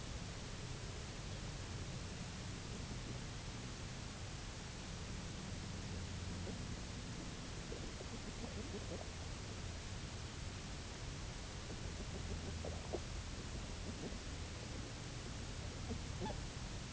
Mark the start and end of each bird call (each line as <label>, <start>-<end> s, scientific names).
Somateria fischeri, 6.28-6.62 s
Somateria fischeri, 7.55-9.10 s
Somateria fischeri, 11.45-13.10 s
Somateria fischeri, 13.70-14.26 s
Somateria fischeri, 15.76-16.41 s